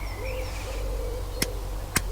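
A torque wrench set to 50 Nm tightens the differential fill plug on a car until it gives one click at 1.4 s, showing the set torque is reached, and a single click is all that's needed. A second short, sharp sound follows at 2.0 s over a steady low hum and faint tonal whistles.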